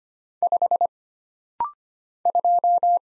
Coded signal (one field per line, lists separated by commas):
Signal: Morse code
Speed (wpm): 25 wpm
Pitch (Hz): 700 Hz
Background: none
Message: 5 2